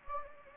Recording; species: mosquito wingbeat signal from an infrared sensor; Anopheles gambiae